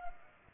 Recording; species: mosquito wingbeat signal from an infrared sensor; Culex pipiens